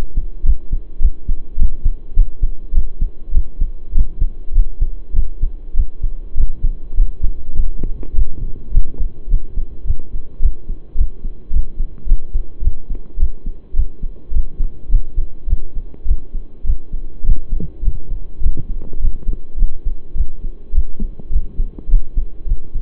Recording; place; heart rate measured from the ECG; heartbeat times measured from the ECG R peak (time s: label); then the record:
heart sounds by stethoscope; between the tricuspid and mitral areas; 104 bpm
0.44 s: heartbeat
1.00 s: heartbeat
1.57 s: heartbeat
2.15 s: heartbeat
2.73 s: heartbeat
3.33 s: heartbeat
3.93 s: heartbeat
4.53 s: heartbeat
5.14 s: heartbeat
5.75 s: heartbeat
6.36 s: heartbeat
6.95 s: heartbeat
7.55 s: heartbeat
8.14 s: heartbeat
8.72 s: heartbeat
9.29 s: heartbeat
9.85 s: heartbeat
10.41 s: heartbeat
10.96 s: heartbeat
11.51 s: heartbeat
12.06 s: heartbeat
12.62 s: heartbeat
13.18 s: heartbeat
13.74 s: heartbeat
14.32 s: heartbeat
14.89 s: heartbeat
15.48 s: heartbeat
16.06 s: heartbeat
16.65 s: heartbeat
17.24 s: heartbeat
17.83 s: heartbeat
18.41 s: heartbeat
19.00 s: heartbeat
19.57 s: heartbeat
20.15 s: heartbeat
20.73 s: heartbeat
21.31 s: heartbeat
21.89 s: heartbeat
22.47 s: heartbeat
From the record:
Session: pedaling a stationary bicycle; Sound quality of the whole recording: saturated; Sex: male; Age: 23 years